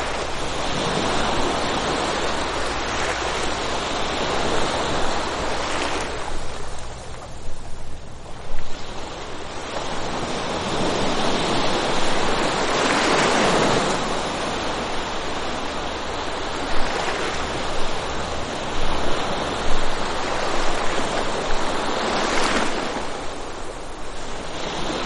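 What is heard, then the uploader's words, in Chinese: Moderate ocean waves wash in steadily, with surges swelling and breaking roughly every few seconds, notably around 7, 13 and 22 seconds. The hiss of foam fills the middle and upper range, while a low wind rumble sits underneath throughout. 中海浪。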